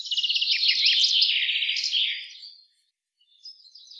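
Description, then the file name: Common chaffinch song: a bright trill of repeated notes in two phrases ending in a flourish, then a faint further phrase. "Fringilla coelebs"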